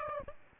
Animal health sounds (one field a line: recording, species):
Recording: mosquito wingbeat signal from an infrared sensor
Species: Aedes aegypti